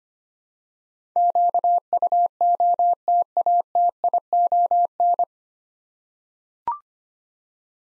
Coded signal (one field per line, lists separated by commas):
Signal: Morse code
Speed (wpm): 25 wpm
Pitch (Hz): 700 Hz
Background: none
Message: QUOTATION